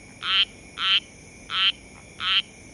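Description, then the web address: Amphibian giving four short, harsh croaks, each about a fifth of a second, at fairly even intervals. "species Amphibian"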